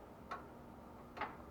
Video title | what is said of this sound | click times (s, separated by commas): washer repair -how to replace lid switch | you hear a song click click click do | 0.3 s, 1.2 s